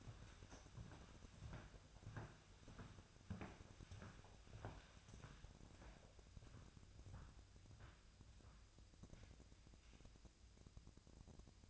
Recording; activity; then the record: daily activity, microphone in the room; walk to room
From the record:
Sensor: 2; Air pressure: 999.8 hPa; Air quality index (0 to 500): 120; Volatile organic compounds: 2 ppm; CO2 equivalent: 1041 ppm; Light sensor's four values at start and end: 30/71/32/35 and 31/74/33/37